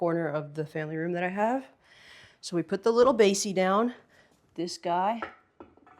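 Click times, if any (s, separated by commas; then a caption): 5.6 s. While assembling a swivel chair, someone talks and then pushes a base piece into the round floor base. It snaps into place with a short click at 5.6 s, followed by a couple of faint knocks.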